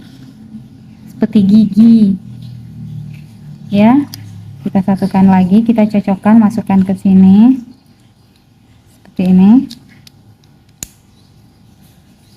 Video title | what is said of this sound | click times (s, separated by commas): MERAKIT MAINAN DINOSAURUS - MAINAN MERAKIT T-REX - DIY MAINAN EDUKASI - TYRANOSAURUS VELOCIRAPTOR | ada bunyi klik lalu | 10.8 s